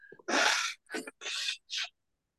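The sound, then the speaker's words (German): Someone blows their nose: one long, loud, rushing honk followed by three shorter, breathy blasts in quick succession, with no talking. “Entschuldigung, ich muss mal eben meine Nase putzen.”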